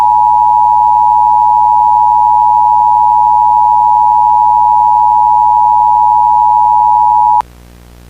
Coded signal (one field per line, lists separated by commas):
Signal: Emergency Alert System (SAME) tones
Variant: 853 and 960 Hz attention tone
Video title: EAS Mock: Local Area Emergency